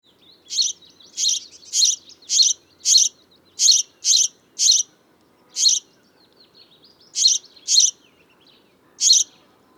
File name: Passer domesticus